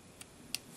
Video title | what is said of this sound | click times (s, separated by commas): Generations Voyager SPRINGER: EmGo's Transformers Reviews N' Stuff | going to bring them out until they click into place like that | 0.5 s